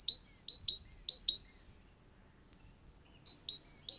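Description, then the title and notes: Great tit song of bright, high, see-sawing two-note phrases, repeated quickly, falling silent for over a second, then resuming. "Talitiainen."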